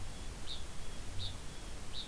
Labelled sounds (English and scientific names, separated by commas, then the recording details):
Kākāpō (Strigops habroptilus) ching call
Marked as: faintness 3/5
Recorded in New Zealand
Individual Ben